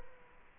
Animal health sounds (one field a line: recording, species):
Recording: mosquito wingbeat signal from an infrared sensor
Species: Culex quinquefasciatus